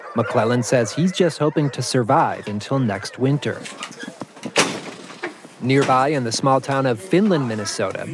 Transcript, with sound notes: McClelland says he's just hoping to survive until next winter. (SOUNDBITE OF DOOR CLOSING) Nearby, in the small town of Finland, Minn.,